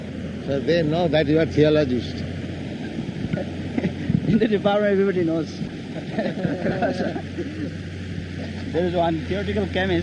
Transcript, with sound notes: So they know that you are theologist?
In the department everybody knows. [laughter] There is one theoretical chemist.